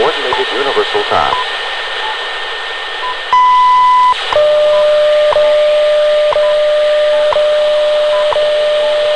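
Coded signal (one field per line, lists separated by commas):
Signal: radio time signal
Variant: WWV and WWVH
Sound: faint voice, a long beep, then steady tone with a tick each second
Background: radio static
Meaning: Ticks mark each second; the long 1 kHz tone marks a minute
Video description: later on I almost completely lost WWV, but then WWVH came in much more clearly before fading out leaving only what sounded for all the world like a ticking clock or pocket watch buried in a swamp of noise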